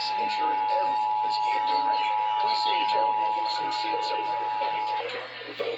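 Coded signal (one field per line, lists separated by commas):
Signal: Emergency Alert System (SAME) tones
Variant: 853 and 960 Hz attention tone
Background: speech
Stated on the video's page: Required monthly tests and NOAA Weather Radio required weekly tests from May 2023, one recorded from a phone.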